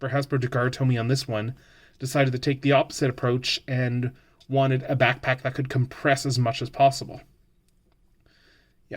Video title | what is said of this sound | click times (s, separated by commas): Toy Unboxing Advent Calendar Day 21 - "Not Just a Pretty Face" | we can see here she also does have a bit of an ab crunch though I'm noticing that this doesn't lock in super well in robot mode | none